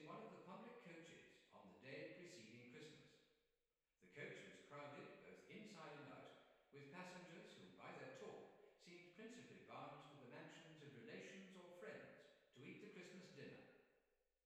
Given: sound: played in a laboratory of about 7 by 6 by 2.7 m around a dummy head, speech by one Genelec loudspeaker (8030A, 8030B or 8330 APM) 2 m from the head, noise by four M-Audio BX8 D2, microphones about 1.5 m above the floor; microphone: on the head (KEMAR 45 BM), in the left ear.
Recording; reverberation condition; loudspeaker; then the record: male speech in English; high; 90 degrees to the right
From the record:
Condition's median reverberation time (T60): about 1300 ms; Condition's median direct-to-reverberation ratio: about -4.0 dB